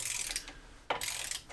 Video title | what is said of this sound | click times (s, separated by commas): Part 9 - Refitting Wiring Loom the Radiator & Drive Shafts to my BMW MINI R50 R52 Cooper | so locking the vented disc does seem to work quite nicely there's our click | 0.9 s